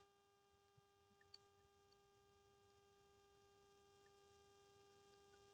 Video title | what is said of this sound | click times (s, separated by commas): Tugas 3 Mata Kuliah Produksi Media Audio Video - Universitas Terbuka | Nah, seperti ini sudah terkunci, sudah menyatu ya. | 1.3 s